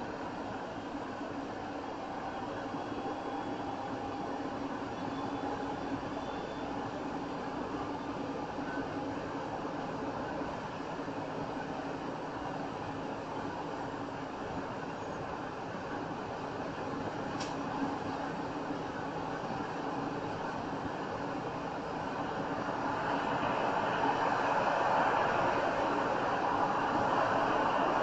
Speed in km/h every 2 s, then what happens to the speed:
71, 72, 74, 76, 77, 77, 79, 81, 79, 81, 81, 81, 84, 85.
0-28 speeds up to 85.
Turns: none.